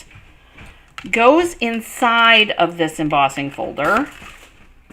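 A solid, ring-shaped metal cutting die is handled near a plastic hybrid embossing folder, ready to be pressed in so it locks into place. Someone talks over faint handling noise, with a small tap at about 0.6 s. The clip ends before the die goes home, so nothing has seated or clicked yet.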